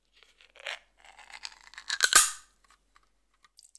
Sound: fx: ring pull of fizzy drink